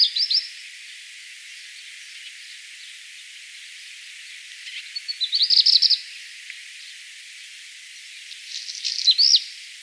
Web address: vogelstimmen hausrotschwanz gesang nabu lars lachmann